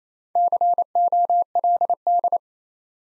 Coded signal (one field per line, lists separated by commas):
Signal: Morse code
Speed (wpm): 28 wpm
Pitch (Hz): 700 Hz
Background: none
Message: COLD